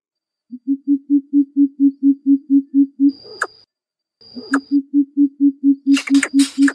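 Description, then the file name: Greater coucal hooting calls, two long, evenly spaced runs of deep hoots separated by sharp clicks, with brief rasping noise over the second run. Chick calling its mother. "Tieng bim bip non keu goi me"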